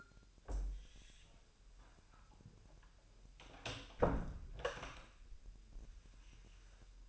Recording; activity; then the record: daily activity, microphone in the room; close door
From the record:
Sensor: 2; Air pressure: 1001.1 hPa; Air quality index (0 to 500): 249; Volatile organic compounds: 95 ppm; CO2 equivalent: 3719 ppm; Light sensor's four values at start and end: 10/23/9/10 and 9/23/9/9